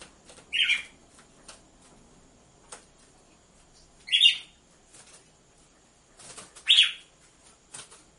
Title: Canto Galo Campina Fêmea 01. ESQUENTE GALO DE CAMPINA COM BATIDA DE DOIS MACHOS